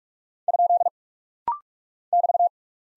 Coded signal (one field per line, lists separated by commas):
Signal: Morse code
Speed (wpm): 46 wpm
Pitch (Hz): 700 Hz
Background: none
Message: ? <BT>